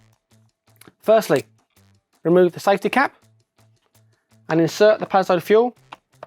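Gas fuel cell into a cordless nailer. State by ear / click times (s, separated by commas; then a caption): not seated / none. A gas fuel cell, with its safety cap removed, is being handled for insertion into the fuel compartment of a Paslode PPNXi cordless positive placement nailer. Someone talks over faint background music, and a few small handling ticks are heard. The clip ends before the cell goes home, so nothing has seated or clicked yet.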